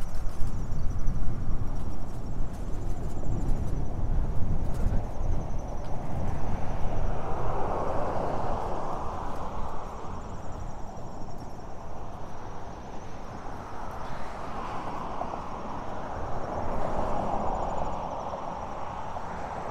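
A bike ride from Orchard Beach, carried by a steady rushing rumble of wind and rolling tires that stays dense the whole time. The roar is heaviest in the opening seconds, then eases slightly. Around eight and seventeen seconds a brighter whooshing swell rises and fades.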